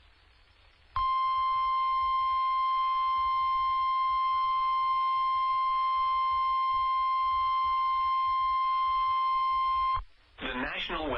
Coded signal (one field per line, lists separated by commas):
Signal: Emergency Alert System (SAME) tones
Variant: 1050 Hz attention tone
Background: speech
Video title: Severe Thunderstorm Warning #2 - 08/03/23 (EAS #2,830)